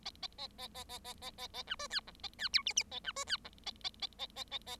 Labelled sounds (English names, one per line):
Bengalese Finch song